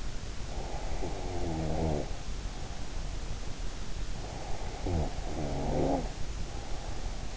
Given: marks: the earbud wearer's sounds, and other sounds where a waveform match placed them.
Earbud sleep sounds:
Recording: sounds in sleep by an in-ear microphone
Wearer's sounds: snoring breath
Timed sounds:
0.49-2.93 s: snoring breath
4.25-7.37 s: snoring breath

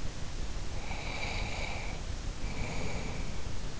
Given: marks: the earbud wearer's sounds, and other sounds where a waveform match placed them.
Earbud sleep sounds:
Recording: sounds in sleep by an in-ear microphone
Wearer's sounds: breath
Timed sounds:
0.76-3.49 s: breath

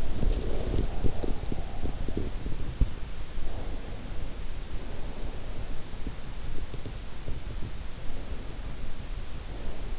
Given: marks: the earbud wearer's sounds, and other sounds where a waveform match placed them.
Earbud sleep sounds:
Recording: sounds in sleep by an in-ear microphone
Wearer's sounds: snoring breath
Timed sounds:
0.00-1.51 s: snoring breath

